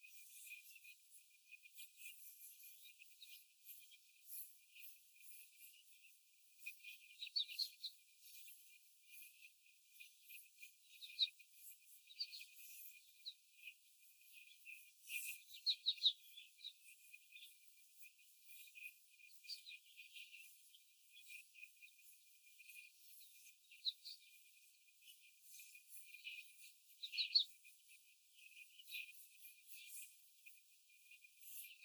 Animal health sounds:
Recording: young laying hens in a cage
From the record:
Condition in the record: after the stressor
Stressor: simulated dog barking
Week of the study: 4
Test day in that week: 1

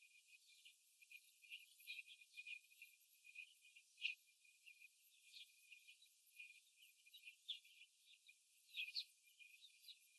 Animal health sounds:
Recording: young laying hens in a cage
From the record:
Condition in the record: after the stressor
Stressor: simulated dog barking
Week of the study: 3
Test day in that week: 2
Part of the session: 4

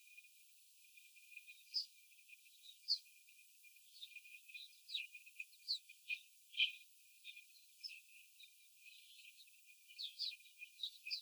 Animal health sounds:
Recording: young laying hens in a cage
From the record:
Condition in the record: after the stressor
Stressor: simulated dog barking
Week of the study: 4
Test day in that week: 2

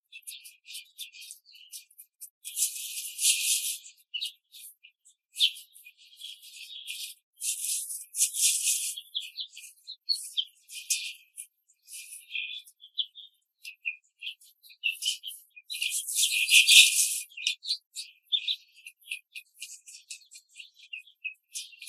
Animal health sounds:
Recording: young laying hens in a cage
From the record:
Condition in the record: control cage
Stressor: none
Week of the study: 5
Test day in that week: 1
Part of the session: 4

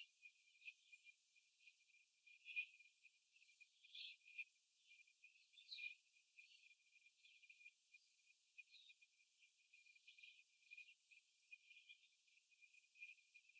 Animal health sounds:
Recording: young laying hens in a cage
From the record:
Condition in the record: control cage, after the stress test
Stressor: none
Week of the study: 4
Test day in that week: 3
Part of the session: 4

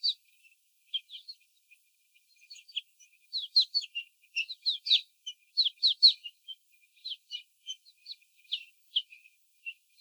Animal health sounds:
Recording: young laying hens in a cage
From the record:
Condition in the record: before the stressor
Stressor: sudden umbrella opening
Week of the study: 3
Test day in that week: 2

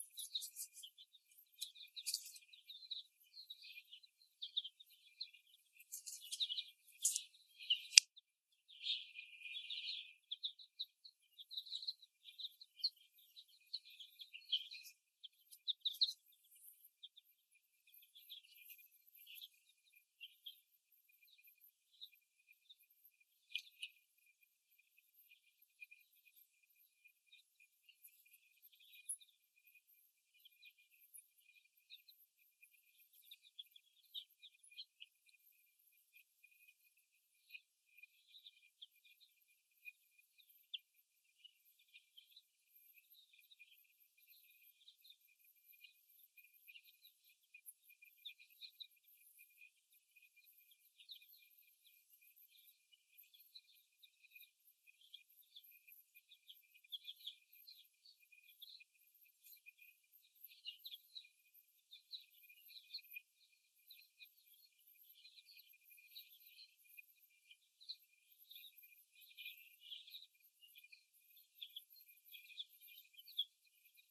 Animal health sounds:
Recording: young laying hens in a cage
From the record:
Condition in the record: after the stressor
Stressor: simulated dog barking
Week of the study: 1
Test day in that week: 1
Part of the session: 2

